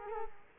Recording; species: mosquito wingbeat signal from an infrared sensor; Culex quinquefasciatus